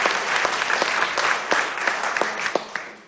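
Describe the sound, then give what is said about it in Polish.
A crowd applauds editor Jan Borkowski at a Polskie Radio Program Trzeci event, steadily, a dense wash of many hands clapping with a few sharper individual claps standing out, holding an even, moderately loud level throughout. “Brawo, nie wiem czy jest.”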